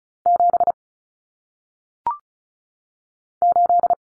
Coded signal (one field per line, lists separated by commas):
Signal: Morse code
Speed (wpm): 34 wpm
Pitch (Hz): 700 Hz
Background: none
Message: 7 8